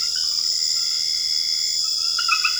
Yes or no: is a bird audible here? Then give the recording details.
no. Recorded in secondary vegetation near Puerto Asís, Putumayo, Colombia, on 8 March 2025 at 23:00. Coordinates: 0.488, -76.319. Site G095